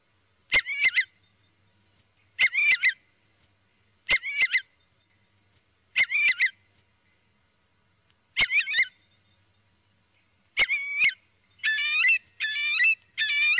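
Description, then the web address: Eurasian curlew giving short harmonic calls every couple of seconds, each paired with sharp clicks, ending in a quicker run of three calls. Filtered recording. "FILTERED CHIURLO"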